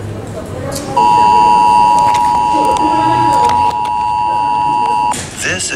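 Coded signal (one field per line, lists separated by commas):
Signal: Emergency Alert System (SAME) tones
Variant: 853 and 960 Hz attention tone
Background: speech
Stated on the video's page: Real National Periodic Test on EAS and WEA.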